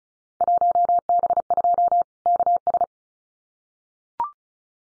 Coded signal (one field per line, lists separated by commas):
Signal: Morse code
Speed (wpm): 36 wpm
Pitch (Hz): 700 Hz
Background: none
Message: 1B2 KS